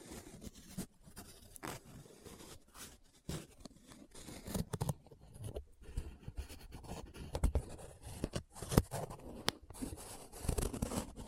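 Paper is handled, rubbed and scratched, producing a dense run of dry scraping and crinkling over the whole stretch. Sharp crackles and brief snaps punctuate it irregularly, a strong one near the ninth second, with low rustling in between.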